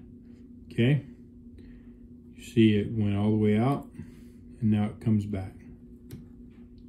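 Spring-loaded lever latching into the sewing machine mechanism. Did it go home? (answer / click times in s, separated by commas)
yes / 6.1 s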